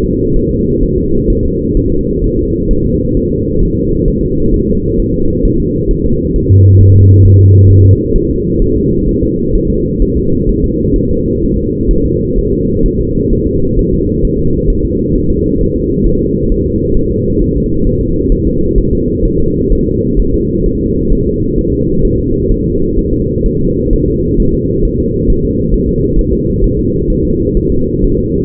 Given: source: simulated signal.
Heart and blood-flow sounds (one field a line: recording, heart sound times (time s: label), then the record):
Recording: fetal heart sounds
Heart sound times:
0.04 s: S2
0.36 s: S1
0.51 s: S2
0.83 s: S1
0.98 s: S2
1.30 s: S1
1.45 s: S2
1.77 s: S1
1.92 s: S2
2.24 s: S1
2.39 s: S2
2.71 s: S1
2.85 s: S2
3.17 s: S1
3.32 s: S2
3.63 s: S1
3.77 s: S2
4.08 s: S1
4.23 s: S2
4.54 s: S1
4.68 s: S2
5.00 s: S1
5.14 s: S2
5.45 s: S1
5.60 s: S2
5.91 s: S1
6.06 s: S2
6.36 s: S1
6.51 s: S2
6.81 s: S1
6.96 s: S2
7.25 s: S1
7.40 s: S2
7.70 s: S1
7.85 s: S2
8.16 s: S1
8.31 s: S2
8.62 s: S1
8.77 s: S2
9.09 s: S1
9.23 s: S2
9.56 s: S1
9.70 s: S2
10.02 s: S1
10.17 s: S2
10.49 s: S1
10.64 s: S2
10.96 s: S1
11.11 s: S2
11.43 s: S1
11.58 s: S2
11.91 s: S1
12.06 s: S2
12.38 s: S1
12.53 s: S2
12.86 s: S1
13.01 s: S2
13.33 s: S1
13.47 s: S2
13.79 s: S1
13.94 s: S2
14.25 s: S1
14.39 s: S2
14.70 s: S1
14.85 s: S2
15.16 s: S1
15.30 s: S2
15.61 s: S1
15.76 s: S2
16.06 s: S1
16.21 s: S2
16.52 s: S1
16.66 s: S2
16.97 s: S1
17.12 s: S2
17.42 s: S1
17.56 s: S2
17.87 s: S1
18.01 s: S2
18.32 s: S1
18.47 s: S2
18.78 s: S1
18.93 s: S2
19.25 s: S1
19.40 s: S2
19.72 s: S1
19.87 s: S2
20.20 s: S1
20.34 s: S2
20.66 s: S1
20.81 s: S2
21.13 s: S1
21.27 s: S2
21.59 s: S1
21.73 s: S2
22.05 s: S1
22.20 s: S2
22.51 s: S1
22.66 s: S2
22.99 s: S1
23.13 s: S2
23.46 s: S1
23.61 s: S2
23.93 s: S1
24.08 s: S2
24.40 s: S1
24.54 s: S2
24.85 s: S1
25.00 s: S2
25.30 s: S1
25.45 s: S2
25.74 s: S1
25.89 s: S2
26.19 s: S1
26.34 s: S2
26.64 s: S1
26.79 s: S2
27.10 s: S1
27.25 s: S2
27.57 s: S1
27.72 s: S2
28.04 s: S1
28.19 s: S2
From the record:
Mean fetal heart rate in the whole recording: 130 bpm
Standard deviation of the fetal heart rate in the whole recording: 4 bpm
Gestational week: 38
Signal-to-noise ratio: -15.3 dB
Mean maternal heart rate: 72 bpm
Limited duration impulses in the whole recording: present